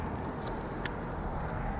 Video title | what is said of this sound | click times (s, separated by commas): How to Ceramic Coat Your Vehicle from Start to Finish | Make sure it clicks into place. | 0.9 s